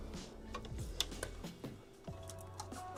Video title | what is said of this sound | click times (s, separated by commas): 🟣 Building the MOST POWERFUL Gaming PC I've Ever Built! | is that in I thought I heard a click yep um | 1.0 s